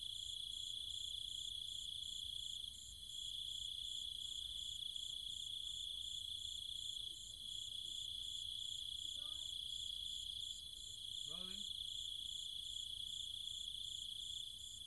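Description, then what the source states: Cicadas and other insects in a steady high buzzing drone, overlaid with a fast pulsing higher trill; brief harmonic chirping calls appear around nine and eleven seconds. Cicadas with other insects, calling at night in trees and fields in countryside around Chiang Mai, Thailand.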